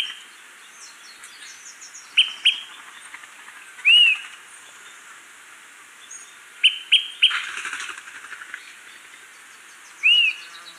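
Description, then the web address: Smoke-colored Pewee: short sharp pip notes, some in pairs, and single arched, slurred whistles, spaced a few seconds apart. Recorded in Ecuador. "Birds of Ecuador. Smoke-colored Pewee"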